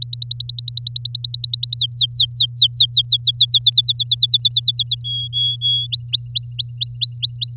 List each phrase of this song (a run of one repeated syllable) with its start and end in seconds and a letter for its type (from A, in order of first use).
0.02-1.78 A, 1.78-3.70 B, 3.72-5.01 C, 5.04-5.87 D, 5.92-7.55 E